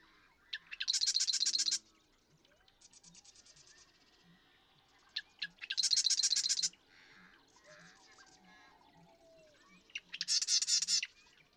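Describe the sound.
Marsh Wren song: three loud, buzzy, machine-gun rattles, each opened by a few sharp clicks, repeated roughly every four to five seconds, with softer chattering between them.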